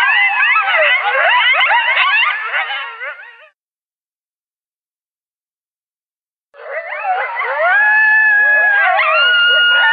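Coyotes calling, a tangle of rapid wavering yips and yelps, then silence, then rising long howls that settle into drawn-out wavering tones.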